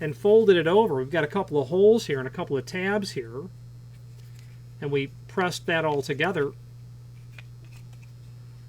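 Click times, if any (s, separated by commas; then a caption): 7.4 s. Someone talks while folding over an ESP Co ODDA1346 Ames door and lock support insert so its tabs meet its own holes, then presses it together. A short sharp click at 7.4 s marks the tabs snapping into place, and the insert is seated.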